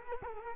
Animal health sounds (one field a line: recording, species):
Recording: mosquito wingbeat signal from an infrared sensor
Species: Culex quinquefasciatus